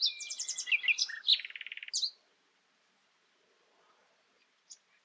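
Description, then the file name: Common nightingale song: a quick varied phrase of sharp chirps ending in a fast rattling trill, then about three seconds of near silence with one faint high note. "Luscinia megarhynchos"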